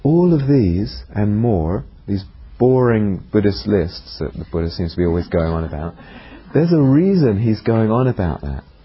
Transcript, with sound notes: All of these and more, these boring Buddhist lists that the Buddha seems to be always going on [laughter] there's a reason he's going on about that.